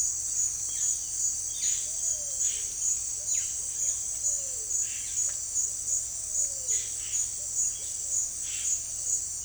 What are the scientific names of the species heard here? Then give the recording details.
Cyanocorax violaceus, Patagioenas cayennensis. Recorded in pastures near Puerto Asís, Putumayo, Colombia, on 25 June 2025 at 17:00. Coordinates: 0.502, -76.324. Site G010